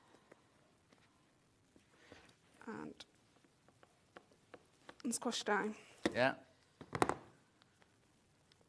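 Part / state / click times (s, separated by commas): female snap part pressed onto its male part in fabric / seated / 6.9 s, 7.0 s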